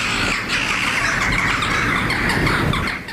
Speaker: The jackdaws are engaged in some sort of dispute.